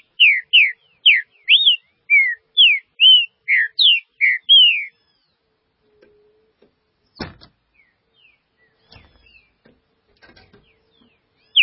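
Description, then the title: Green-winged saltator song, a fast series of clear whistled slurs for about five seconds, followed by quiet with scattered knocks and a final note. "Trinca Ferro"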